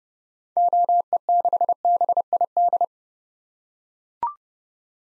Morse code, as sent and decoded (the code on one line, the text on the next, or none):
--- . -.... -... .. -..
OE6BID